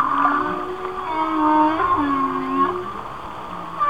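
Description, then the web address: Whale song: several overlapping moans gliding up and down, with high whistles sliding above them. "Whale Songs Whale Songs- Mike Mc Donald"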